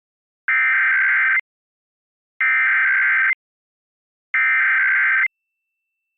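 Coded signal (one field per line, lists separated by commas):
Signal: Emergency Alert System (SAME) tones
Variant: header bursts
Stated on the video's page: Required monthly tests relayed by Pennsylvania FM and TV broadcast stations.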